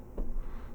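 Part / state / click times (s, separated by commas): plastic tab on a transforming toy robot part going into its matching slot / seated / 0.2 s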